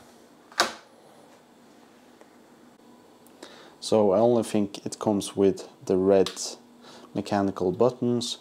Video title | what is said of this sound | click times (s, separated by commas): SteelSeries Apex 7 TKL Ghost Keyboard VS Apex 7 Original - Limited Edition? But still Available?! | So you got these magnets here and it just clicks into place. | 0.6 s